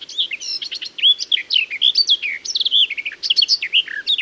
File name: Fauvette des jardins